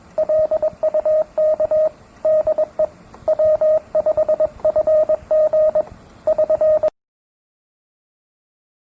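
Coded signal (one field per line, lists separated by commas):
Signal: Morse code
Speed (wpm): 22 wpm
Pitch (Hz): 620 Hz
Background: radio noise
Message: LUK DE W5FG <SN>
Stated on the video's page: Recording said to be Titanic's Morse, possibly high-speed straight-key sending, though its authenticity is disputed.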